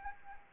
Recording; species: mosquito wingbeat signal from an infrared sensor; Anopheles arabiensis